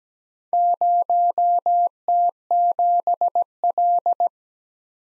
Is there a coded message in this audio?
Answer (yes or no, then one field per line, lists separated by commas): yes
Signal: Morse code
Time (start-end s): 0.5-4.3 s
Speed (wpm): 17 wpm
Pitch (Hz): 700 Hz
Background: none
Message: 0T7L